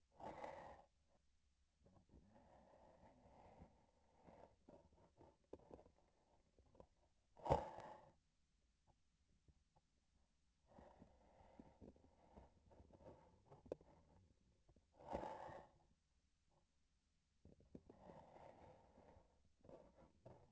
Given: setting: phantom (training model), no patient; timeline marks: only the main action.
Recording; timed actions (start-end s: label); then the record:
laparoscopic instrument, vibration sensor on the handle end
4.67-6.94 s: palpation
12.63-14.27 s: palpation
19.59-20.52 s: palpation
From the record:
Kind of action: gesture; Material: synthetic tissue